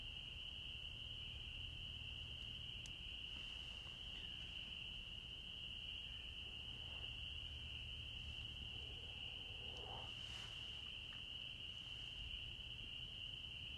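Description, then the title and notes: Frogs calling in a steady, unbroken high chorus that runs through the whole stretch, with faint soft background noise underneath. Forest at night in Holliston, Massachusetts, USA, 6 April, 21:40; recorded during COVID-19. "Historias Sonoras Del COVID 19 La Rana Y El Insecto, Holliston, Massachusetts. EEUU. 6 de Abril 21:40 h. Holliston, Massachusetts. EEUU. Los únicos ruidos eran los grillos y las ranas"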